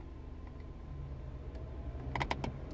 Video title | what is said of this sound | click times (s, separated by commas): Navitel MS600 Nawigacja Samochodowa - Recenzja Test Opinia - ForumWiedzy | okej było klik wszystko w porządku | 2.3 s